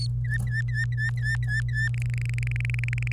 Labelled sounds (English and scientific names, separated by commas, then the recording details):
Domestic Canary (Serinus canaria) song
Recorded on 26 April 2018 at 12:53
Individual llb3